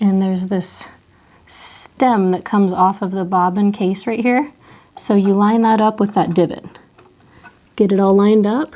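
Someone talks while a bobbin case is handled for a White 1409 sewing machine, its stem lined up with the divot on the machine's shuttle before the case is pressed in the center. The clip ends before the bobbin case goes home, so nothing has seated or clicked into the shuttle yet.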